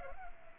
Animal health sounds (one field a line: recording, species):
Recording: mosquito wingbeat signal from an infrared sensor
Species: Culex pipiens